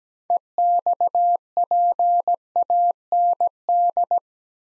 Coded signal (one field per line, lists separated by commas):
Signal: Morse code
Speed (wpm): 17 wpm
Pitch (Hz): 700 Hz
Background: none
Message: EXPAND